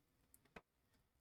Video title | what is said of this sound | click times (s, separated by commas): Build The Titanic Issue 135 | and that will lock into place now that still wants to move upwards | 0.3 s, 0.6 s